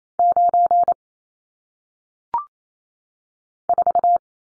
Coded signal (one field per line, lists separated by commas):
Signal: Morse code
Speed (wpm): 28 wpm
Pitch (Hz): 700 Hz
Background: none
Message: 9 4